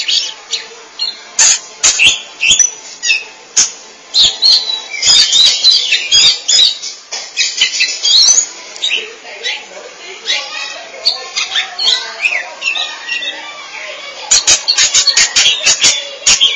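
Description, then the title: Oriental magpie-robin song, long stretch of mixed whistles, chatters and harsh notes with many clicks. Chirping song (kicauan) of the bird. "Suara Kicauan Burung Kacer Durasi Panjang"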